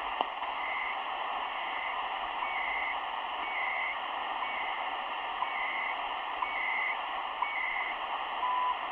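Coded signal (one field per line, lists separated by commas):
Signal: radio time signal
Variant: CHU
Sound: faint 1 kHz ticks and short two-tone data warbles buried in hissing static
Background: radio static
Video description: Radio Estación de Señal Horaria.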